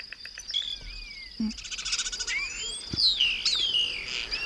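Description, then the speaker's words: Common starling song: a varied outpouring of whistles, slurred rising and falling notes, clicks and harsh rattles. Very long song phrase of a starling in a village in Segovia, Spain, mimicking golden orioles, cuckoos, little owls, jackdaws, crows, choughs and storks; raw recording. "Y en este caso podemos escuchar una parrafada larguísima, bueno, unos segundos, una parrafada muy larga de un estornino que está grabado en un pueblo de Segovia."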